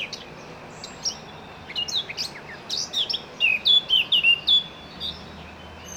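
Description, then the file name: Eurasian blackcap song: a scratchy, twittering warble building into a run of loud, clear whistled notes, each sliding downward. "Sylvia atricapilla"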